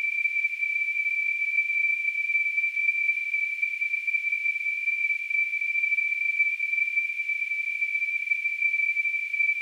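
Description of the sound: Synthesized tinnitus simulation: a steady, continuous high-pitched tone near 2.4 kHz with faint hiss around it, unchanged throughout.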